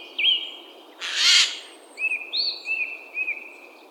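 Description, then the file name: Eurasian jay giving a single harsh, rasping screech lasting about half a second, with clear whistled notes before and after it. "Garrulus glandarius"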